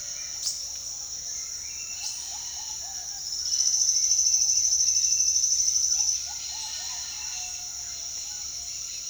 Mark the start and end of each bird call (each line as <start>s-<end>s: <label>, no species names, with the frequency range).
0.40s-0.64s: bird call (3.7-8.0 kHz)
1.72s-9.09s: bird call (0.5-6.6 kHz)